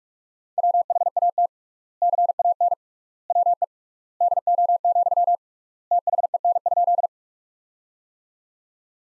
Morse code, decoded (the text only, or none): WHAT CAN WE DO, THEN?